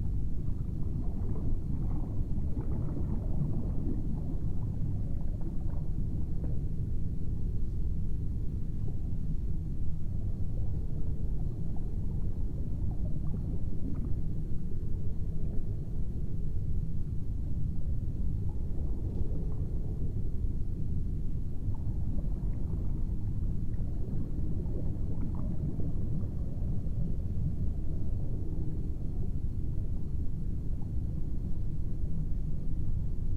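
A steady, dense low rumble fills an underwater observation room, with muffled bubbling and soft swells rising and falling throughout, never breaking into distinct events.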